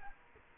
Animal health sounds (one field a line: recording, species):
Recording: mosquito wingbeat signal from an infrared sensor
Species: Culex quinquefasciatus